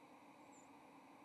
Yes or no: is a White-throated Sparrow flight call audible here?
yes